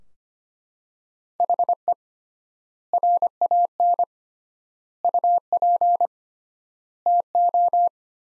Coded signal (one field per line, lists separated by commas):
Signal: Morse code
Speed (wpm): 25 wpm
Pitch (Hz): 700 Hz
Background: none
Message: HE RAN UP TO